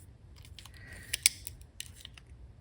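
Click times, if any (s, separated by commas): 1.1 s, 1.3 s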